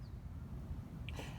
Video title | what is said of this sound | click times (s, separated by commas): 2006 Ford Fusion Door Lock Actuator / Door Latch Assembly Replacement | get the cable in place and snap it in place, and then | 1.1 s